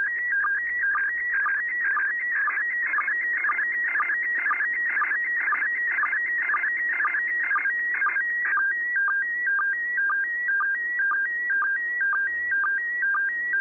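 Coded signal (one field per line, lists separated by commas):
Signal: SSTV (slow-scan television)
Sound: steady warbling tone shifting in pitch, with short low blips at regular intervals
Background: radio static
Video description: ISS Slow Scan Television Broadcast downlink 145.800 Mhz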